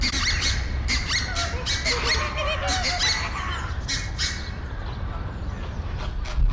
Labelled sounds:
Red-breasted Goose (Branta ruficollis) call
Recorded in captivity
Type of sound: call, call sequence
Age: adult
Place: Zoo Berlin, Berlin, DE
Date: 1993-03-06 13:34
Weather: 3-6°C, heiter bis wolkig
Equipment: Marantz CP 430, Sennheiser ME 80, Kopie Uher Variocord 263
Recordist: Tembrock, Günter
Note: Lautfolgen

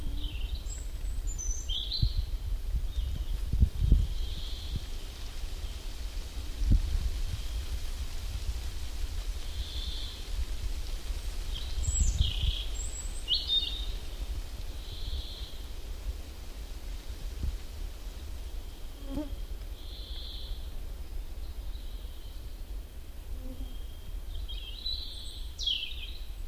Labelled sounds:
European Robin (Erithacus rubecula) song
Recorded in the wild
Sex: male
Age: adult
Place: Halbinsel Kindo, Karelien, RU
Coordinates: 66.5508, 33.1036
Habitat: taiga
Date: 1990-07-01 13:00
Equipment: Uher 4000 Report Monitor, Sennheiser MKH 416 T
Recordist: Frommolt, Karl-Heinz

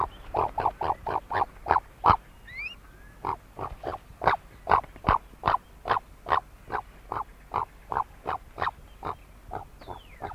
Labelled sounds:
Great Curassow (Crax rubra) call
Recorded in captivity
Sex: male
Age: adult
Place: Vogelpark Walsrode, Niedersachsen, DE
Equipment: Halbspur, 9,5 cm/s
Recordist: Lütgens, Hans
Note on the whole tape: Männchen zunehmend erregt

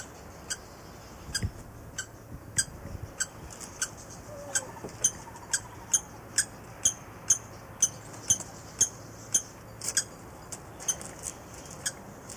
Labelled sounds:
Common Kestrel (Falco tinnunculus) call
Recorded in captivity
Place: Zoo Halle, Sachsen-Anhalt, DE
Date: 2004-12-14 13:02
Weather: sunny, 2°C
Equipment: Sony WM-D6C, Sennheiser ME 80, Kopie Uher 4000 Report Monitor
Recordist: Tembrock, Günter

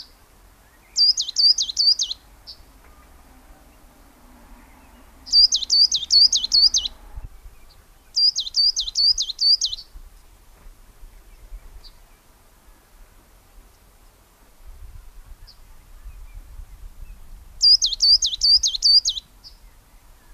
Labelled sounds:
Coal Tit (Periparus ater) song
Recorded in the wild
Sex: male
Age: adult
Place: Hetzles, Bayern, DE
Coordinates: 49.6328, 11.1278
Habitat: hedge
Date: 1962-04-01
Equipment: Nagra, Original, Vollspur
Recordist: Tretzel, Erwin

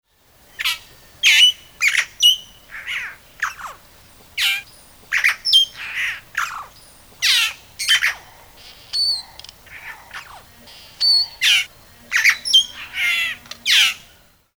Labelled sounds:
Splendid Starling (Lamprotornis splendidus)
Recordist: Tembrock, Günter
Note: Gesang

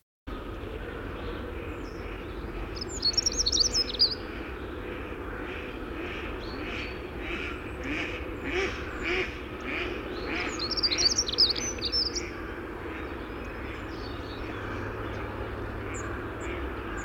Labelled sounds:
Dunnock (Prunella modularis) song, Mallard (Anas platyrhynchos)
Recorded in the wild
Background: Anas platyrhynchos
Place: Ralswiek, Insel Rügen, Mecklenburg-Vorpommern, DE
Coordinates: 54.475, 13.446
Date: 1972-04-09
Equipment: Nagra III BH, Sennheiser MD 21, parabola
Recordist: Schubert, Michael
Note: voller Gesang Heckenbraunelle, überfliegende Stockente

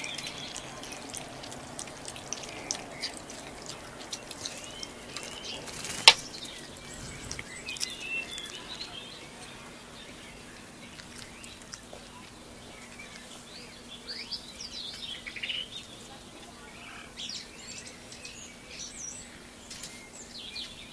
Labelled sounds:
Sand Fox (Vulpes rueppellii)
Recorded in captivity
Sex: female
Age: adult
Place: Zoo Halle, Sachsen-Anhalt, DE
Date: 1983-04-09 17:41
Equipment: Nagra SN, Kopie Uher 4000 Report Monitor
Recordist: Tembrock, Günter
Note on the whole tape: Weibchen: Bellstrophe, Trinken, Muffwinseln u.a. in den Bau mit den Jungen gehend

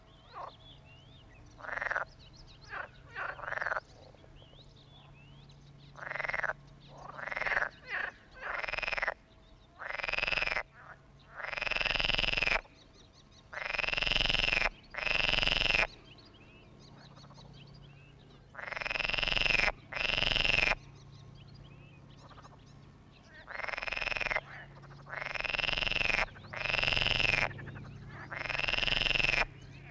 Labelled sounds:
Edible Frog (Pelophylax esculentus) call
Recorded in the wild
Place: Hohen Neuendorf, OT Borgsdorf, Brandenburg, DE
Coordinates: 52.7083, 13.275
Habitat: pond
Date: 1960-06-01 12:00
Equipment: Reporter, Vollspur
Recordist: Günther, Rainer

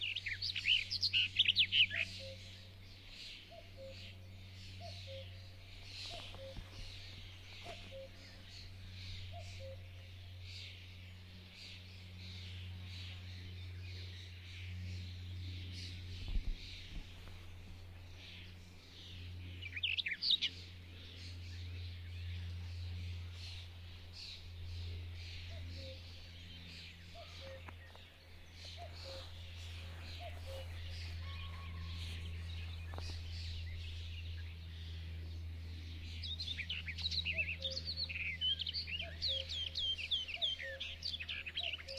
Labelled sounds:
Barred Warbler (Sylvia nisoria)
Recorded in the wild
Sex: male
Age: adult
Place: Hobrechtsfelder Rieselfelder, Naturpark Barnim, Berlin, DE
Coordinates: 52.6667, 13.4706
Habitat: open landscape
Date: 2012-05-28 08:11
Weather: 20°C, sunny, almost windless
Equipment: Sound Devices 702, Sennheiser MKH 70, Rycote Windschutz
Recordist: Frommolt, Karl-Heinz

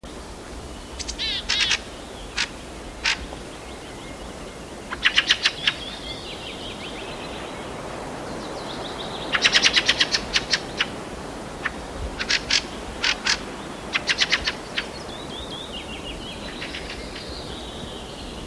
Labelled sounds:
Fieldfare (Turdus pilaris) flight call
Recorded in the wild
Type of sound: flight call
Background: Parus cinctus
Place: Halbinsel Kindo, Karelien, RU
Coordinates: 66.5517, 33.0875
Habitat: taiga
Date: 1996-06-21
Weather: fair, few clouds, ca. 6-8°C
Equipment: Sony WM-D6C, Sennheiser MKH 70, Windkorb, Kopie Revox C 270
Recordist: Frommolt, Karl-Heinz
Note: "Schackern" im Überflug, Tiere gesehen

